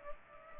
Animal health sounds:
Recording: mosquito wingbeat signal from an infrared sensor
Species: Culex pipiens

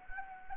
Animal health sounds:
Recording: mosquito wingbeat signal from an infrared sensor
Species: Anopheles gambiae

